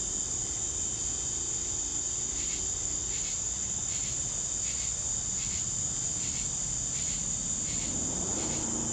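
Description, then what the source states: Cricket: a steady, unbroken high cricket trill runs throughout, with repeated fainter pulses and a low background rumble. Crickets in a southern evening ambience, recorded in summer.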